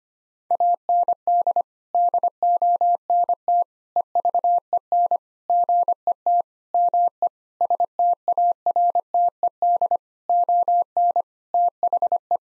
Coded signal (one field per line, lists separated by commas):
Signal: Morse code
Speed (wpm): 25 wpm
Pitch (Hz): 700 Hz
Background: none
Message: AND DONT EVEN GET ME STARTED ON THE